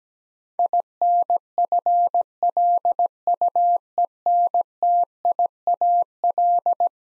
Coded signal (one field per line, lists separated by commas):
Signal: Morse code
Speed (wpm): 17 wpm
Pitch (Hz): 700 Hz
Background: none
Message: INFLUENTIAL